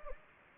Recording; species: mosquito wingbeat signal from an infrared sensor; Anopheles gambiae